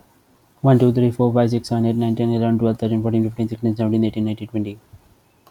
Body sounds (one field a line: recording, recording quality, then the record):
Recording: counting at a fast pace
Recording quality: excellent, no background noise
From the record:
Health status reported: healthy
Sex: male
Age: 25 years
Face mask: not worn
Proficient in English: yes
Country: India